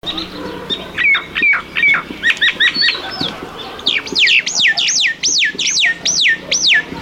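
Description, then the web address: Myna calling: a run of harsh chattering notes, then a rapid series of loud whistled notes that rise and fall, over a noisy background. "ye myna call"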